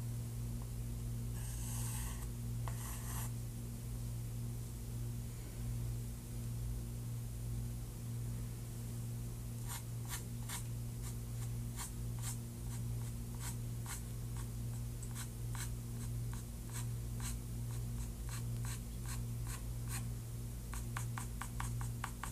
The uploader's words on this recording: ASMR | Sketching you!!!